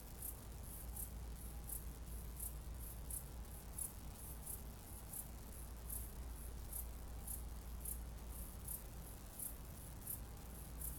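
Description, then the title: Cicada calling in short, high-pitched pulses repeated about three to four times a second over a steady low hum. "jsfanclub_cicade"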